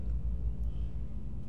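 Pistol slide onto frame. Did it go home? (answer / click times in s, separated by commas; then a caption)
no / none. A Glock pistol's slide assembly is being pushed the last bit onto the polymer frame rails, heard only as a steady low rumble with no sharp transients. The slide has not clicked or locked home on the frame yet.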